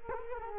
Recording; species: mosquito wingbeat signal from an infrared sensor; Culex quinquefasciatus